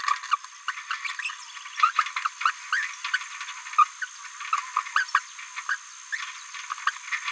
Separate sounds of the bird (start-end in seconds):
0.00-0.18, 0.23-0.26, 0.30-0.35, 0.68-0.72, 0.76-0.81, 0.89-0.97, 1.78-1.92, 2.17-2.18, 2.41-2.51, 2.71-2.88, 3.12-3.17, 3.78-3.84, 4.01-4.06, 4.52-4.60, 4.76-4.82, 4.95-5.06, 5.14-5.20, 5.68-5.77, 6.86-6.91, 7.12-7.17, 7.25-7.31